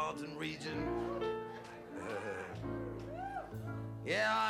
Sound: laughs

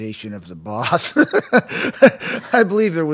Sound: soundbite of laughter

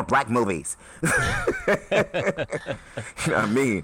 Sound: laughter

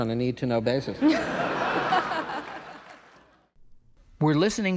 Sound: laughter

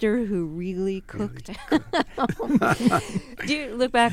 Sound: soundbite of laughter

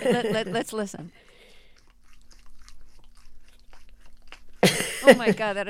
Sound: laughter; soundbite of dog licking

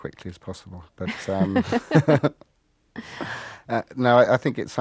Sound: laughter

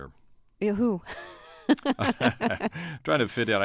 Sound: soundbite of laughter

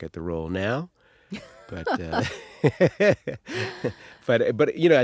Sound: laughter

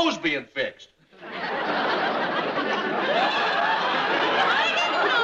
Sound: laughter

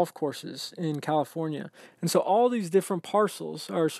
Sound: none

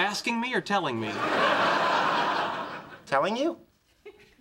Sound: soundbite of laughter

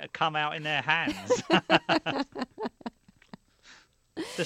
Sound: soundbite of laughter

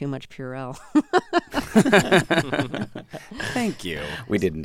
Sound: laughter

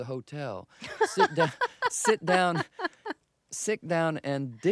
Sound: laughs

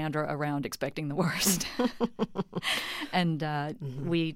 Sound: laughter

